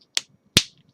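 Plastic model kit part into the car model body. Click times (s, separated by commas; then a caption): 0.6 s. A plastic part of a DeLorean scale model kit is pushed down into the car model body, a bit tight at first. Two sharp snaps are heard, a lighter one at about 0.2 s and a louder, fuller one at 0.6 s as the part pops into place. The part is now seated.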